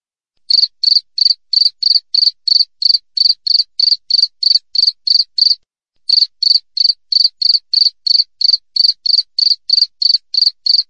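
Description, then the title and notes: Cricket giving rapid high chirps after a moment of quiet, about three each second, interrupted once by a half-second gap before resuming the same steady beat. Wild cricket recorded clearly with tight gaps between chirps, intended as a tutor recording for training songbirds and for repelling rats. "Masteran Jangkrik Alam Jernih, Jeda Rapat Cocok Untuk Masteran Burung Dan Mengusir Tikus. suara jangkrik"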